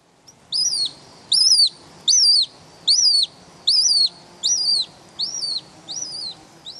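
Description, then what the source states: Hen harrier giving a steady series of eight high, arched squealing notes at regular intervals, the last few slightly softer. Recorded by Sean Renane of Irish Wildlife Sounds with an autonomous recorder left in a bush in the breeding area for about six weeks.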